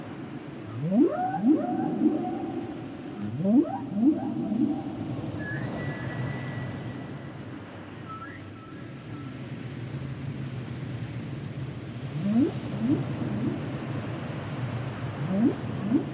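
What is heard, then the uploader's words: Humpback whale calls: rising low whoops and moans in bursts, a few held higher tones midway, over a constant low rumble. The songs and sounds of the humpback whale. Male humpback whales produce complex songs during the winter breeding season.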